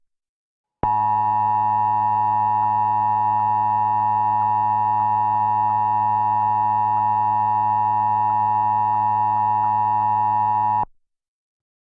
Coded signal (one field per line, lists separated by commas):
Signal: Emergency Alert System (SAME) tones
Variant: 853 and 960 Hz attention tone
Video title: EAS Flash Flood Warning for Cambria, Pennsylvania (August 22, 2020)